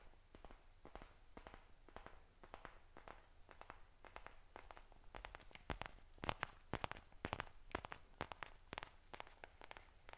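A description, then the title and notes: Tapping and scratching made up of quick, sharp clicks that run from low thuds up to bright ticks. The taps come in irregular bursts, sparser at first and denser and louder after about five seconds. A low steady hum sits underneath throughout. ASMR Tapping Scratching Touching.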